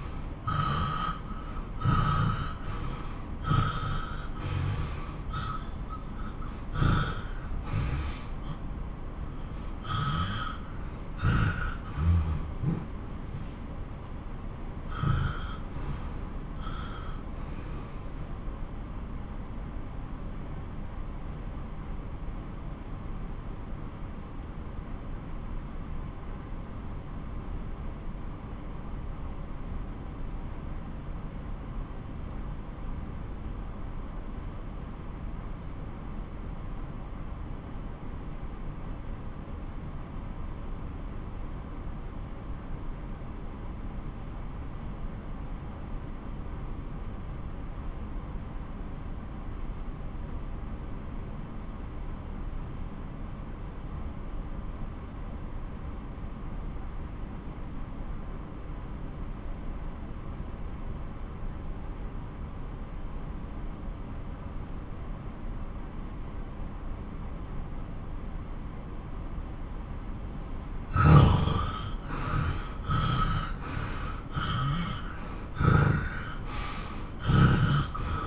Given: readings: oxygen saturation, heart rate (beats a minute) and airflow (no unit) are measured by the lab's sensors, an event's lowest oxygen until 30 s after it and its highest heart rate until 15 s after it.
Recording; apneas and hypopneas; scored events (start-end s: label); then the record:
breathing in sleep by a smartphone at the bedside; 1
1.00-31.00 s: new sleep stage, N1 (lightest sleep)
17.00-69.30 s: obstructive apnea (N1, oxygen 94% highest, then 79% lowest)
31.00-61.00 s: new sleep stage, N2 (light sleep)
61.00-78.27 s: new sleep stage, N1 (lightest sleep)
From the record:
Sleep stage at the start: N2 (light sleep); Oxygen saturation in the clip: 83 to 94%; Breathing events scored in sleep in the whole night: 217 in 6.3 hours asleep